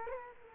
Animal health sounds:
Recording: mosquito wingbeat signal from an infrared sensor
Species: Culex quinquefasciatus

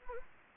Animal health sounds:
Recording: mosquito wingbeat signal from an infrared sensor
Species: Anopheles gambiae

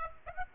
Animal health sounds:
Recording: mosquito wingbeat signal from an infrared sensor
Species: Aedes aegypti

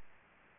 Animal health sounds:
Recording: mosquito wingbeat signal from an infrared sensor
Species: Anopheles gambiae

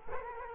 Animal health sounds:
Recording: mosquito wingbeat signal from an infrared sensor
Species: Culex quinquefasciatus

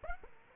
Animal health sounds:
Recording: mosquito wingbeat signal from an infrared sensor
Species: Aedes aegypti

